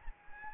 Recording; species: mosquito wingbeat signal from an infrared sensor; Anopheles gambiae